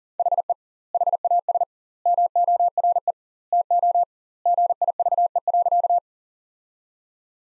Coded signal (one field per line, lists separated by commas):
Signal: Morse code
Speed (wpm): 40 wpm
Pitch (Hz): 700 Hz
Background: none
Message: HE HAS MORE TO GIVE.